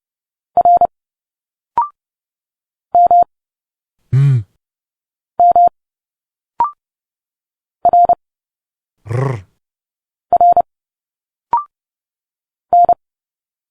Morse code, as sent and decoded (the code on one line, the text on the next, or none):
.-. / -- / -- / .-. / .-. / -.
R M M R R N